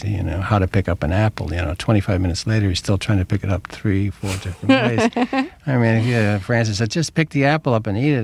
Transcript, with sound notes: You know, how to pick an apple, you know, 25 minutes later he's still trying to pick it up three, four different ways. (Soundbite of laughter) And I mean, you know, and Francis said just pick the apple up and eat it.